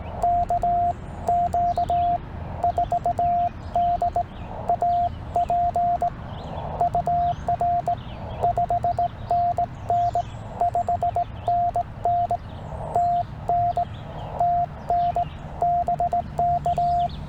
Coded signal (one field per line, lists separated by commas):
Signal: Morse code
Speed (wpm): 17 wpm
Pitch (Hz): 700 Hz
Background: radio noise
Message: KQ4DAP UR 5NN 5NN TN TN BK